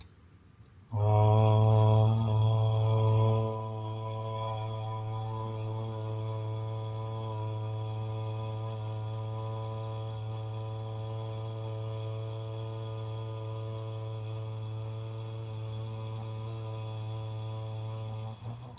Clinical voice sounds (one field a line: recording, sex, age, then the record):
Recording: vowel held as long as possible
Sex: male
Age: 40 to 49 years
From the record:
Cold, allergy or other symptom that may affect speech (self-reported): no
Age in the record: 43 years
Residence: Nevada, United States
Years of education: 12